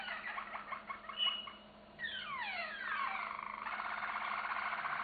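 Canary singing a fast run of chirped notes, then a string of steep downward-sliding whistles that lead into a steady, rapid rolling trill.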